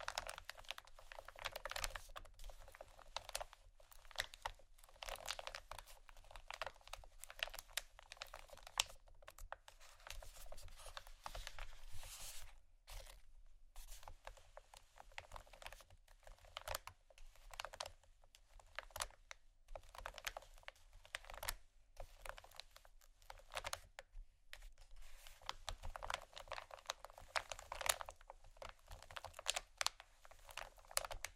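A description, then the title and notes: Fast tapping and scratching goes on without a break, a dense stream of quick, crisp clicks and rasps like rapid typing. The texture is bright and dry with little low end, briefly thinning around thirteen seconds before picking up again at full pace. ASMR Fast Tapping & Scratching （No Talking）.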